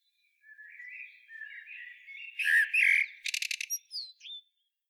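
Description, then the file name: Common blackbird singing a fluty warbling phrase that swells, then breaks into loud, harsh twittering and a rapid run of clicking notes before a few squeaky whistles. "Turdus merula"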